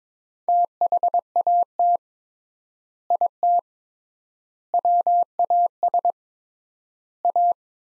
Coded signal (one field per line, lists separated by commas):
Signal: Morse code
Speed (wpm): 22 wpm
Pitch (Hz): 700 Hz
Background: none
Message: THAT IT WAS A